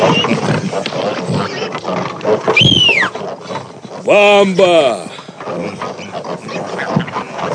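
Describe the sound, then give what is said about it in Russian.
Pigs squeal over a steady rough rumble of snorting and grunting. One rising shriek comes first, then a longer wavering squeal that slides downward. “Их кабы святой Витольд поразил проклятьем этих поганых свиней.”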